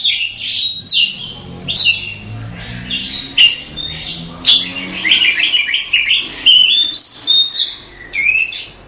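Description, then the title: Oriental magpie-robin song, a rich run of loud whistles, sweeps and harsh notes with hardly a pause. "suara kacer"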